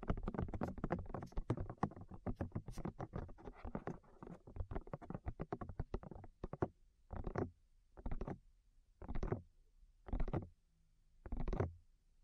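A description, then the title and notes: Rapid tapping on the ears, a dense flurry of quick, uneven thumps with a muffled low body and crisp high edges for the first six seconds. Then the rhythm slows to single, longer brushing taps, about one each second, with silence between them. ASMR Tap Your Ears 3Dio (No Talking).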